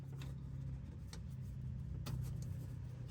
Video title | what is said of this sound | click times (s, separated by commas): HOW TO INSTALL 2011 CHEVROLET TRAVERSE fuel pump and pressure sensor #vgg #comedy #chevrolet | heard it click it's in | 2.1 s